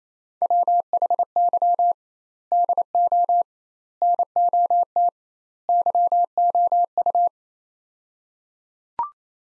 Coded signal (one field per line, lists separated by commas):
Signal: Morse code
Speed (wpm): 28 wpm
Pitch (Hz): 700 Hz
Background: none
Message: WHY DO NOT YOU